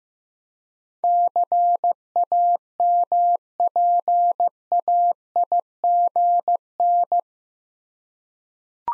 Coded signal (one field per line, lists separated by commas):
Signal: Morse code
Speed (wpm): 15 wpm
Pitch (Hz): 700 Hz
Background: none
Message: CAMPAIGN